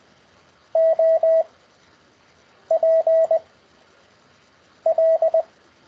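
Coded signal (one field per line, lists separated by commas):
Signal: Morse code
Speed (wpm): 20 wpm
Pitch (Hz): 650 Hz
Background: none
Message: O P L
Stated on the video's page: Morse code practice lesson conducted over Skype.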